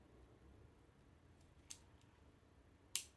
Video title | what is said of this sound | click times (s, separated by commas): Skeptic Tank vs Lego Lamborghini Part 3 | I think I heard it snap and it's just right where they want | 3.0 s